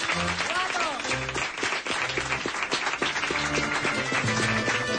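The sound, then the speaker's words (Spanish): A studio audience breaks into sustained, loud applause for Piedra Isa, a dense wash of clapping that holds steady for several seconds, with a musical accompaniment and low bass notes playing underneath. “Un aplauso para Piedra Isa.”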